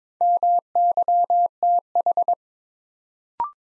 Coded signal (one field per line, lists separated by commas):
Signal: Morse code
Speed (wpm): 22 wpm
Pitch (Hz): 700 Hz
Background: none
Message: MYTH